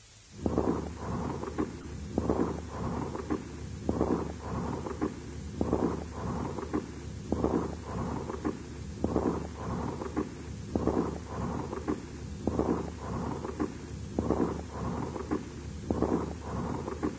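Adult chest by stethoscope, right side, fourth intercostal space at the anterior axillary line. Pleural friction rub resembling the crunch of snow, heard clearly over loud bronchial breathing, about 35 breaths per minute. Lobar pneumonia of the right lung at its peak stage, complicated by dry parapneumonic pleurisy.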